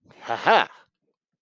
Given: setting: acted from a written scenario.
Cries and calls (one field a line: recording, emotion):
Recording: vocal sound without words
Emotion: pride